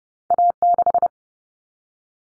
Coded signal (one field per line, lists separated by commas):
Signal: Morse code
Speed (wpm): 30 wpm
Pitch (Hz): 700 Hz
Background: none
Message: A6